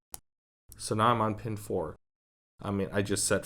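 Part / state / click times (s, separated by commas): pin stack in a pin-tumbler padlock cylinder / seated / 0.1 s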